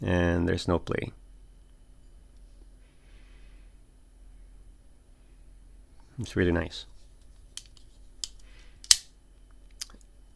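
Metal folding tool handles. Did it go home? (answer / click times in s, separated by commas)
yes / 8.9 s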